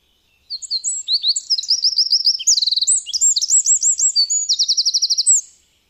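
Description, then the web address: Eurasian wren with one vigorous, very high song of about five seconds, fast twittering notes broken by rolling trills, ending in a rapid rattle. "agykontroll Madardalok Cd 1. Ökörszem"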